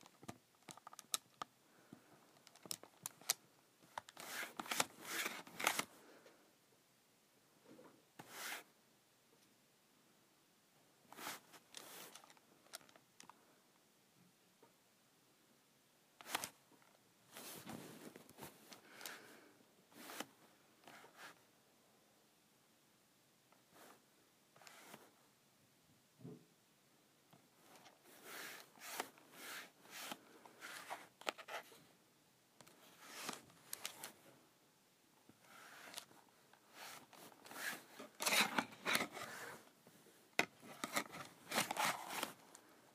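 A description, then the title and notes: A calculator cover is slid on and off in short scraping bursts, each lasting under a second to a couple of seconds, with quiet gaps between. The rubbing strokes come in irregular clusters, busiest around 4–6, 17–20 and 28–42 seconds. Sliding my Calculator Cover.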